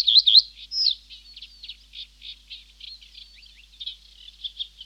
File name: Reed Bunting (Emberiza schoeniclus)